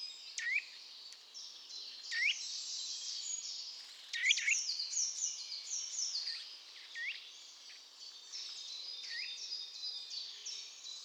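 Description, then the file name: Eurasian nuthatch uttering several short rising 'twit' notes spaced a second or two apart, partly overlapped by busy, high twittering. "Sitta europaea"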